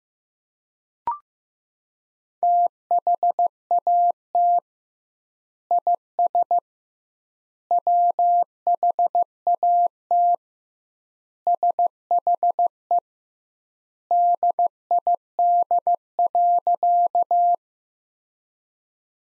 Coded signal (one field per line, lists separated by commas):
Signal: Morse code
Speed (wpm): 15 wpm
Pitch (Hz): 700 Hz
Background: none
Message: THAT IS WHAT SHE DID.